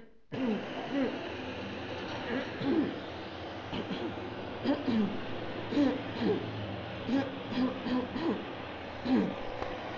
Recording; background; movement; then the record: throat clearing; traffic; sitting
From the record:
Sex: female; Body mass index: 21.8 kg/m2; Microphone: on the chest, facing outward